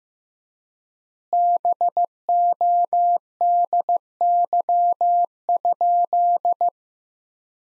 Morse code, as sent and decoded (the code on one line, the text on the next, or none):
-... --- -.. -.-- ..--..
BODY?